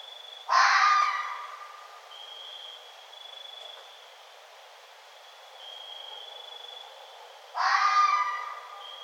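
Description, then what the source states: Red fox giving two harsh, hoarse barks about seven seconds apart, each under a second long, with a thin steady high whine faintly heard between them. Recorded 1 November 2011.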